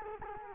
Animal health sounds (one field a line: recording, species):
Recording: mosquito wingbeat signal from an infrared sensor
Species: Culex quinquefasciatus